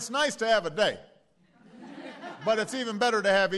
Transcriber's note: laughter